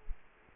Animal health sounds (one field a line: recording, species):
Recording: mosquito wingbeat signal from an infrared sensor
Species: Culex quinquefasciatus